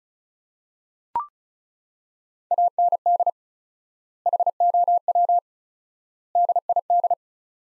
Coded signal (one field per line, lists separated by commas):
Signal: Morse code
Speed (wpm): 34 wpm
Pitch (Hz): 700 Hz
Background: none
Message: AND HOW DID